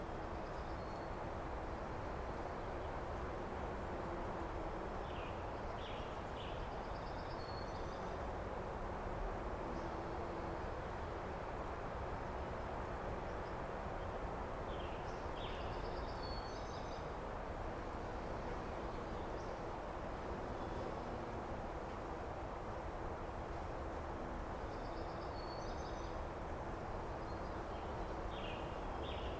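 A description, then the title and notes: Late-morning outdoor ambience on a mountain, filled with a steady, dense low roar that never lets up, like wind or rushing water. Small bird chirps break through in brief clusters around 3, 8, 16 and 27 seconds. Late-Morning At Mt Adams. There had been a late snow, and roads were still closed going up into the mountain, so I had to stay at lower altitudes.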